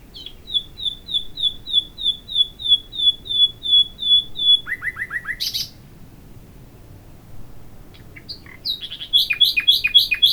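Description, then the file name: Common nightingale song: a long series of repeated high notes, a quick rattle, silence, then a loud burst of rapid notes. "Luscinia megarhynchos"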